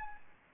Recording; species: mosquito wingbeat signal from an infrared sensor; Aedes albopictus